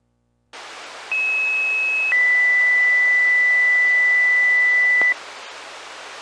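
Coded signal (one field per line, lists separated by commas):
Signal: two-tone page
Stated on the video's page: Fire department pager test on VHF low band 33.94 MHz, held every Saturday at noon, recorded in Carroll County, Ohio.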